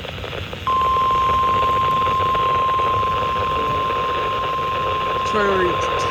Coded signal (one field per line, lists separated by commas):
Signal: Emergency Alert System (SAME) tones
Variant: 1050 Hz attention tone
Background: speech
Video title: Eas alerts While I am camping￼ eas alerts From￼ 8/2/22 eas 457-467 ￼